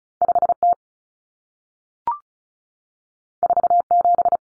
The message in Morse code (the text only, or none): 5T 47